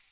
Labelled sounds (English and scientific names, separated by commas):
Magnolia Warbler (Setophaga magnolia) flight call